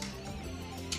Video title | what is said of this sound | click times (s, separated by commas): Soul Stick QUICK STEP snowboard binding | through the bottom, and it locks into place, and off you go. | 0.9 s